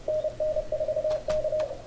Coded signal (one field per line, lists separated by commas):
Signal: Morse code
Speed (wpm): 27 wpm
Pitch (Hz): 610 Hz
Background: radio noise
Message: NN4K